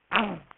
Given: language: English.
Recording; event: throat vibration sensor signal played as sound; throat clearing